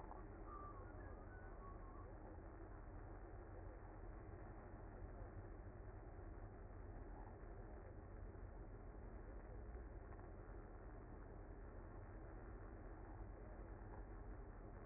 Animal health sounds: honeybee colony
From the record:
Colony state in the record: active

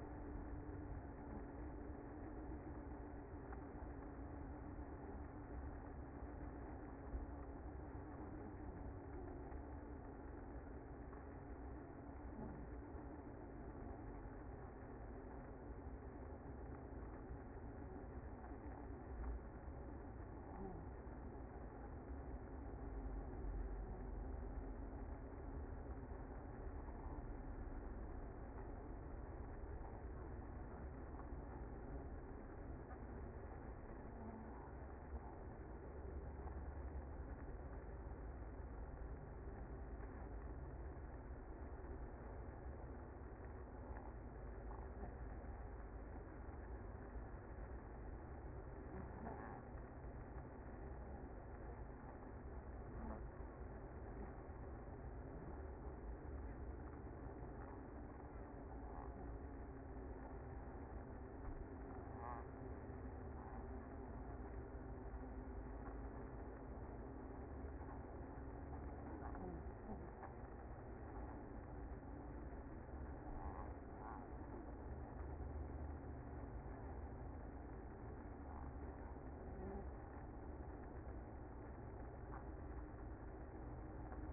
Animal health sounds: honeybee colony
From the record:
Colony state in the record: active

